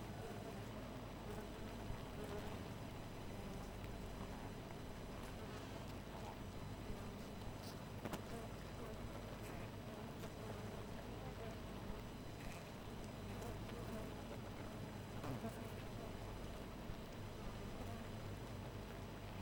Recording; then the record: honeybee colony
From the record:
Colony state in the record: missing queen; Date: 14 July 2017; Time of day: 4:27